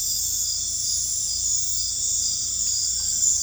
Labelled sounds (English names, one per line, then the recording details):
none
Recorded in dense forest near Puerto Asís, Putumayo, Colombia, on 18 December 2024 at 21:00
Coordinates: 0.481, -76.323
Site G100